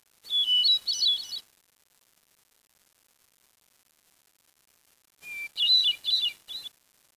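Bird chirping calls: a short burst of high, warbled twittering notes at the start, a long silence, then a second twittering burst near the end.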